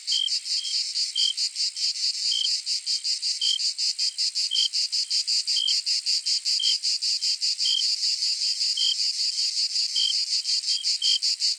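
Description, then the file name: Cicada song: a steady, harsh, high buzz throbbing rapidly, with short clear notes dotted through roughly once a second. "Cigarras"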